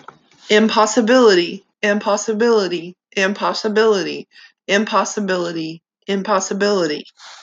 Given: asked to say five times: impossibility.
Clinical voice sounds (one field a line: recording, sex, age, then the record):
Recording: repeated word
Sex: female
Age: 50 to 59 years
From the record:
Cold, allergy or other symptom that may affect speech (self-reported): no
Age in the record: 51 years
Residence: Arkansas, United States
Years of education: 6